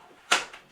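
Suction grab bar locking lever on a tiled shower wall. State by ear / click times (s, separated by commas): seated / 0.3 s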